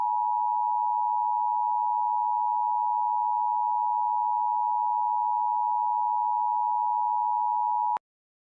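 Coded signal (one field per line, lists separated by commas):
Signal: Emergency Alert System (SAME) tones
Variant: 853 and 960 Hz attention tone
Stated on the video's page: Mock reenactment of a severe thunderstorm warning, using valid EAS tones.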